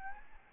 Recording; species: mosquito wingbeat signal from an infrared sensor; Aedes albopictus